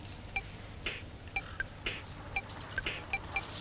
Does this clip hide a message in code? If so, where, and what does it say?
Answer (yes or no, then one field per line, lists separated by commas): no